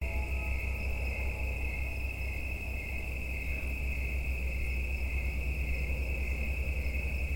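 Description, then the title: Insects calling in a steady chorus, a continuous high-pitched drone holding one level throughout, over a constant low rumble. Mating calls of insects in the evening, late summer into autumn, United States; the callers will not be alive in a week or two. "Autumn insects on Watts Ranch"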